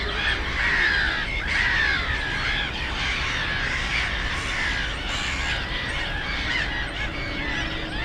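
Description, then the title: Black-headed gulls giving harsh, slurred calls over a steady low rumble. Black-headed gulls, loudest among plentiful birds on ponds of former coal-mining land, Żabie Doły nature complex, Bytom, Poland; nearby DK79 road and railway noise; recorded with Zoom F4 and AT BP4025. "Żabie Doły, Bytom, Polska - Black-headed gulls at Frog Ponds complex"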